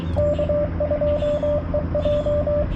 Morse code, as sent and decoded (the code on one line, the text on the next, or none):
-.- ..--- . .---
K2EJ